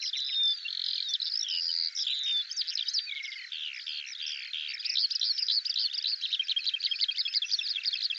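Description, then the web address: Eurasian skylark song, dense, with rapid chattering notes and slurred whistles, ending in a fast rattling run of notes. "Deverinetal 2025 File cleaned normalized Bird Al Ar"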